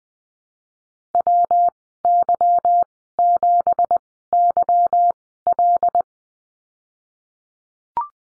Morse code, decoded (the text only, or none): WY7YL